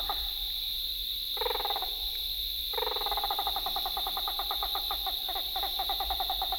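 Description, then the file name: Great blue turaco giving low, rapidly pulsed croaking calls: two short bursts, then a long rolling series of throaty notes, over a steady high hum. "Great Blue Turaco (Corythaeola cristata)"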